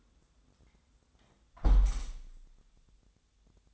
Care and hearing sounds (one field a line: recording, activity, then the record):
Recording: daily activity, microphone in the room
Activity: close window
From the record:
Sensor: 3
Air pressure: 1000.3 hPa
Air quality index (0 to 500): 137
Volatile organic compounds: 2 ppm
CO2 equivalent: 1193 ppm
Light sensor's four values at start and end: 14/37/15/17 and 13/36/14/16